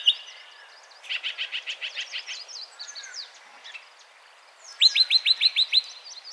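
Yellow-breasted chat singing: a sharp note, then a quick series of repeated notes, some scattered softer notes, and a loud run of about seven repeated notes.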